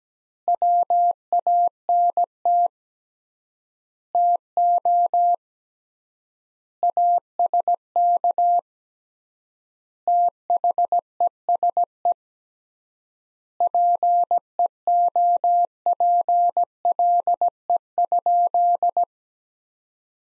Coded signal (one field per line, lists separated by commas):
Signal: Morse code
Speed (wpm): 17 wpm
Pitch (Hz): 700 Hz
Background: none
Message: WANT TO ASK THESE PEOPLE?